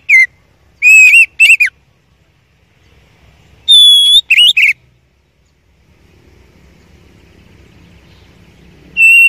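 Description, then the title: Oriental magpie-robin song of short rich whistles and downslurred notes, then a long level whistle with brief flourishes, ending after a lengthy quiet stretch with faint hum. Champion (juara) song, used to teach other songbirds (masteran). "Masteran Kacer Juara"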